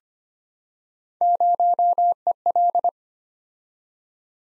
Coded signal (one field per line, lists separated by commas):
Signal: Morse code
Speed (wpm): 25 wpm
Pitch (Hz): 700 Hz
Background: none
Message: 0EL